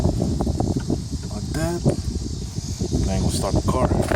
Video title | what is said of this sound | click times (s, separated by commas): How to Make Your AC Blow ICE COLD!! Chrysler 300C | Make sure it clicks like that. | 0.4 s, 0.6 s